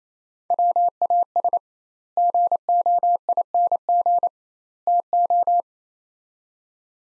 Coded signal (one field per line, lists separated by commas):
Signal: Morse code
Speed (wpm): 27 wpm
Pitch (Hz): 700 Hz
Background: none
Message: WAS GOING TO